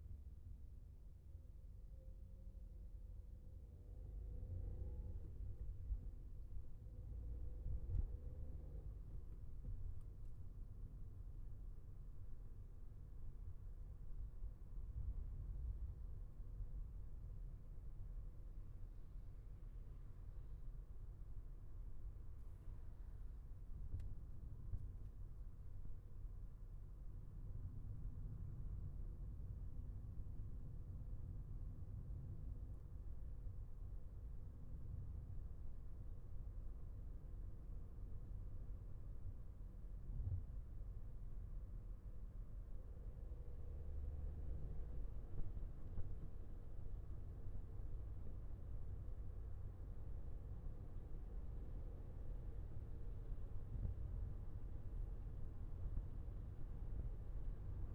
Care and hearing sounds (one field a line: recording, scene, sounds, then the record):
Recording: everyday scene through a hearing-aid microphone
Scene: in a vehicle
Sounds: engine, traffic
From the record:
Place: Skoda Fabia, gasoline engine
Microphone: behind the ear, left, front